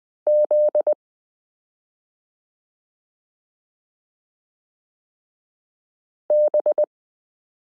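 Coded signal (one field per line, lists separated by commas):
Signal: Morse code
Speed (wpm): 20 wpm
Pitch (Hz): 600 Hz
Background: none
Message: ZB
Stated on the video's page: Morse listening lesson drilling letters and numbers, introducing the letter d.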